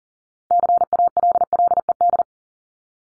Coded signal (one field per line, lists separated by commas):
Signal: Morse code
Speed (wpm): 40 wpm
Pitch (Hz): 700 Hz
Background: none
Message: CALLED